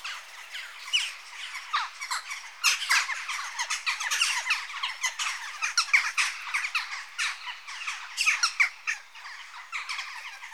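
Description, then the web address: Western jackdaw calls, a busy, continuous chatter of harsh clipped notes with irregular loud peaks. Adult birds. "BBC Sound Effects Library. Jackdaw (Corvus Monedula)"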